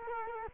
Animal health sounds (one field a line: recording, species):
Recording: mosquito wingbeat signal from an infrared sensor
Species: Culex quinquefasciatus